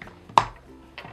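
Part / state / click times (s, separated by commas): plastic locking cap onto ice shaver rim of a toy snow cone maker / seated / 0.4 s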